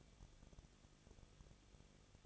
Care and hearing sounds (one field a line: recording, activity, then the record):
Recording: daily activity, microphone in the room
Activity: no activity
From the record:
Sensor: 4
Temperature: 23.1 degrees Celsius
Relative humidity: 34.3%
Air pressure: 1007.2 hPa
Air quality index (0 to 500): 214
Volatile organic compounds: 14 ppm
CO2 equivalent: 2475 ppm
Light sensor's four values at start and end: 2/3/1/1 and 2/3/1/1